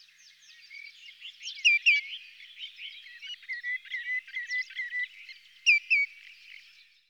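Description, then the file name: Common redshank calls: clear whistled notes stand out twice amid dense, continuous chirping and twittering from other birds. "TOTANO"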